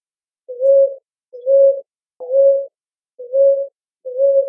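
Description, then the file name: Ruddy ground dove call: five plain, low, hollow coo notes evenly spaced a little under a second apart, nothing else audible. "Rolinha roxa"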